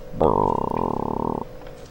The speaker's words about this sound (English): There's that weird sounding garage door. That's never heard a garage that sounded like that when it's opening.